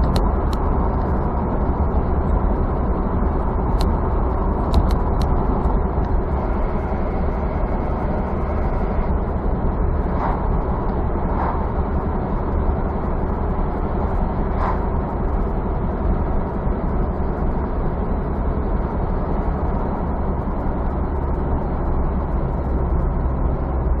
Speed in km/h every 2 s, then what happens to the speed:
77, 77, 77, 77, 77, 77, 77, 77, 76, 76, 73, 69.
0-18 steady at about 77. 18-24 slows to 69.